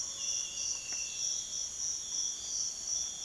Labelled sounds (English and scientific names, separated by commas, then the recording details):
none
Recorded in pastures near Puerto Asís, Putumayo, Colombia, on 22 June 2025 at 05:30
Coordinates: 0.502, -76.324
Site G010